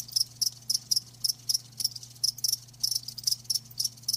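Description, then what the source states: Cricket chirping in clear, evenly spaced high pulses, with a low steady hum. Live crickets chirping with a lulling song.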